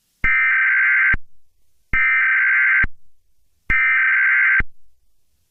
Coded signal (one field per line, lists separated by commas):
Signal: Emergency Alert System (SAME) tones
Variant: header bursts